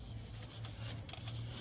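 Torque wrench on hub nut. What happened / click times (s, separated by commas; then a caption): The torque wrench clicked at its set torque / 1.1 s. A torque wrench tightens the hub nut on a Polaris 4x4 hub to 14–16 Nm, snug enough to fit a pin without exceeding that range. Over a steady low hum, the wrench gives its release clicks at 1.1 s and 1.1 s. The torque is confirmed within range.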